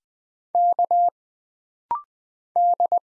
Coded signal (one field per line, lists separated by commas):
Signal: Morse code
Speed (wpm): 20 wpm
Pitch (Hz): 700 Hz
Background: none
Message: K D